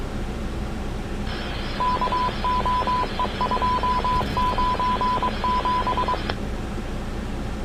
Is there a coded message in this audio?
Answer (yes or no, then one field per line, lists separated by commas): yes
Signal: Morse code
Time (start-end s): 1.8-6.1 s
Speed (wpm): 23 wpm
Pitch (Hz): 1000 Hz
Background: none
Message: KOE297